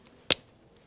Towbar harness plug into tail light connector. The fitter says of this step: make sure it's right in and clicks